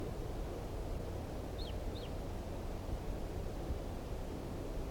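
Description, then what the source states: Red crossbill calls: two quick, high, down-slurred chips less than half a second apart against a constant low background noise. Wild type 2 red crossbill, at 5:21.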